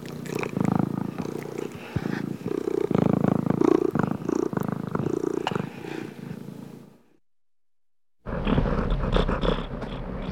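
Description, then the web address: Domestic cat purring in a deep pulsing rumble, breaking off into about a second of silence before resuming. Contented domestic cat purring while being petted. "cat purring and meowing animal purring contented animal x purring being petted anima"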